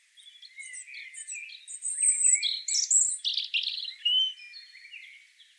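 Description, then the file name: European robin delivering a continuous, varied warble of high whistles, trills and rapid tinkling notes, rising and falling in loudness throughout. "Erithacus rubecula"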